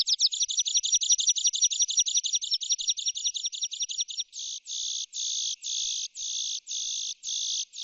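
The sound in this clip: Bird calling in high, rapid chattering notes for about four seconds, then shifting to a series of harsh, buzzy notes repeated roughly twice a second.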